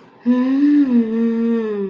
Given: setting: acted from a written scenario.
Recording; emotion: vocal sound without words; contentment